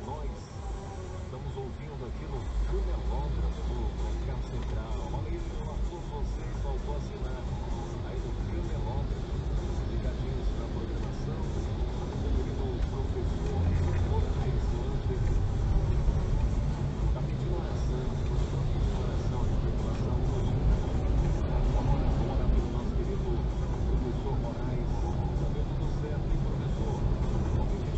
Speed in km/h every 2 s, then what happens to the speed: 0, 2, 6, 8, 11, 13, 14, 18, 17, 17, 19, 20, 22, 24.
0-2 standing. 2-14 pulls away to 18. 18-28 speeds up to 24.